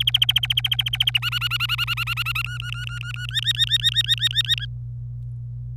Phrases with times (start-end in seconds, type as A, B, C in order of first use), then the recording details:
0.00-1.19 A, 1.22-2.42 B, 2.44-3.26 C, 3.29-4.66 D. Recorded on 26 April 2018 at 07:41. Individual llb3